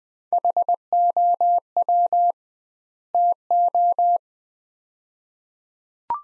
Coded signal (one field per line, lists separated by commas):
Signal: Morse code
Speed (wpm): 21 wpm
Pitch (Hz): 700 Hz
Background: none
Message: HOW TO